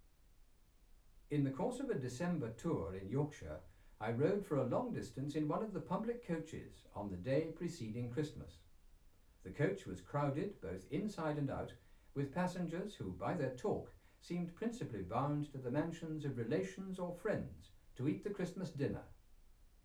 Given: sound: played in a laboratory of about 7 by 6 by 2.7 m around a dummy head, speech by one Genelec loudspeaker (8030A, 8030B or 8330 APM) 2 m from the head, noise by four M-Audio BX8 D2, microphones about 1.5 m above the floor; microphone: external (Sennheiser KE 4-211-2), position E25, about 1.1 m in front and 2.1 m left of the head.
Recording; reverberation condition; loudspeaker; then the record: male speech in English; low; 150 degrees to the left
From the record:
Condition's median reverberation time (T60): about 310 ms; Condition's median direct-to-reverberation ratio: about 3.5 dB